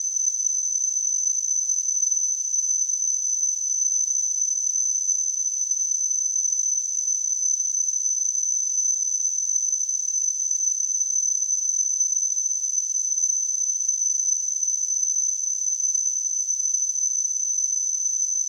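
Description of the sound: Tinnitus simulation from a device: a steady, high-pitched tone near 6 kHz surrounded by a faint hiss, unchanging in pitch and loudness throughout.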